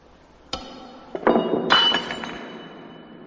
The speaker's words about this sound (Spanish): Alarga la mano para coger algo y tira la copa.